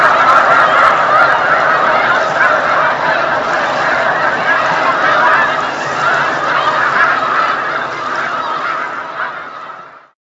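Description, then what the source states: Snow goose: snow geese calling, a dense flock of overlapping high honks and yelps forming a continuous clamour that fades out at the end. Snow geese on Lake Champlain, November 2018.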